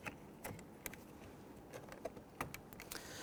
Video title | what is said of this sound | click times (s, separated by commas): How to Replace Front Left Power Window Motor & Regulator Assembly 2000-2006 Toyota Tundra | and to push it on you can feel it and hear it snap into place | 2.4 s